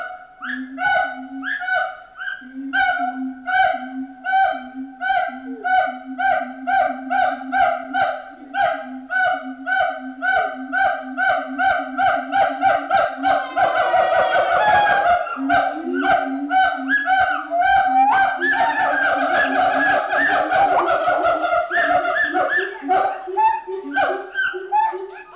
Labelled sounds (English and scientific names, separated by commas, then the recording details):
Pileated Gibbon (Hylobates pileatus)
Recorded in captivity
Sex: pair
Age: adult
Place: Zoo Berlin, Berlin, DE
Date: 1988-07-23 10:12
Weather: sonnig, 21-30°C
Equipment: 19 cm Stereo
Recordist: Tembrock, Günter
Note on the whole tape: Paar-Rufen